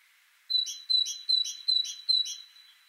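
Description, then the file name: Great tit giving five rhythmic calls, each a high steady tone with a buzzy tail, repeated roughly every 0.4 seconds. "Parus major"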